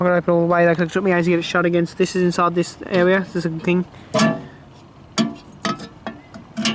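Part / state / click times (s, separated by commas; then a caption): lamp door latch into metal lantern body / seated / 6.7 s. Someone talks while showing the inside of an old British railway tail lamp made of metal, thought to date from around the 1920s to 1950s, then closes its door. Several sharp knocks follow from about 5.2 s as the door is swung shut. The door latch locks into the metal lantern body with a metallic click at 6.7 s.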